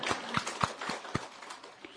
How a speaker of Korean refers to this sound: 네, 박수 한 번 더.